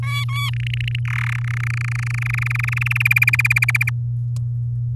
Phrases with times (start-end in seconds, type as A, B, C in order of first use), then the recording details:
0.02-0.50 A, 0.53-0.99 B, 1.05-1.36 C, 1.38-3.02 D, 3.05-3.90 E. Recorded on 10 May 2018 at 05:32. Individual llb16